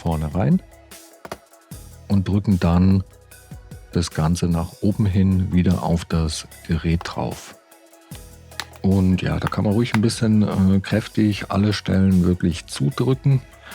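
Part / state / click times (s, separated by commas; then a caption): laptop bottom cover onto the chassis / seated / 8.6 s. Someone talks over background music while the plastic bottom cover of a Lenovo ThinkPad X1 Yoga laptop is pressed back onto the chassis. The cover's clips snap into place with a sharp click at 8.6 s, and the cover is seated.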